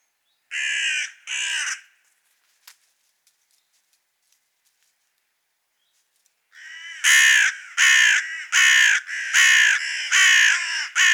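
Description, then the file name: Carrion crow giving two hoarse caws, a quiet stretch with faint clicks, then a loud series of several harsh caws. "Corvus corone"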